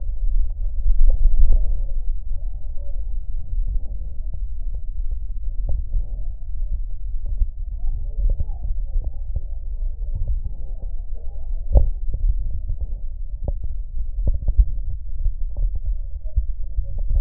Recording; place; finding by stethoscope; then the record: heart sounds by stethoscope; tricuspid valve (TV); normal heart sounds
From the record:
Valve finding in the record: normal valve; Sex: male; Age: 65 years